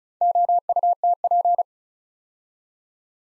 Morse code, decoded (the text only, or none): OUTP